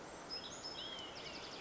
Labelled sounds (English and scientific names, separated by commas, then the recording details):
Olive-sided Flycatcher (Contopus cooperi)
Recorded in Sonoma County, California